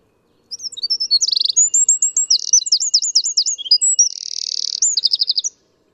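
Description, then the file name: Eurasian wren song, one unbroken five-second burst of loud, high, fast trills and rattling note runs, with quiet before and after. "Troglodytes troglodytes"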